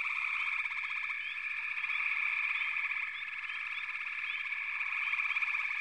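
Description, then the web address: Frogs calling together in a dense, unbroken chorus: a steady pulsing trill with brief higher chirps scattered over it throughout, and no other sounds standing out. "Sounds of Nature Collection. Froggies"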